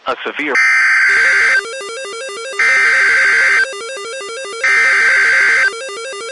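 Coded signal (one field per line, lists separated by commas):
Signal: Emergency Alert System (SAME) tones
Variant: header bursts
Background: speech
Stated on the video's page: Tornado warning EAS alert received from NOAA weather radio station WXJ21.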